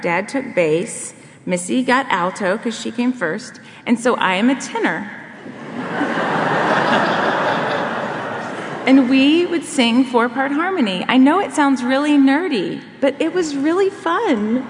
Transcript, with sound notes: Dad took bass. Missy got alto because she came first. So I’m a tenor. (laughter) And we would sing four-part harmony. I know it sounds really nerdy, but it was really fun.